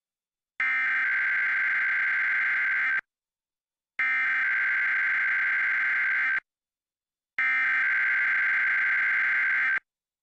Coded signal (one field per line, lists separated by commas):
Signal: Emergency Alert System (SAME) tones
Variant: header bursts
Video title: Washington DC Required Monthly Test on WUSA-TV (3/22/2023) (EAS #1768)